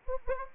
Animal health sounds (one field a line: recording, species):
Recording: mosquito wingbeat signal from an infrared sensor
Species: Anopheles arabiensis